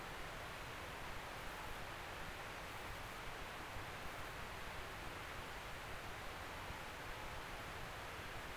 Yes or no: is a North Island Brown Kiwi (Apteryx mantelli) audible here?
no